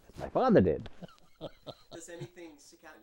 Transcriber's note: laughs